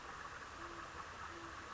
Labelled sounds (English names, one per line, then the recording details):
Great Horned Owl
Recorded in Sonoma County, California